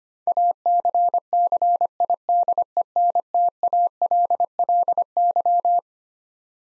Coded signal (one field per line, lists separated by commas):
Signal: Morse code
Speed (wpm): 25 wpm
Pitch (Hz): 700 Hz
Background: none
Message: ACCIDENTALLY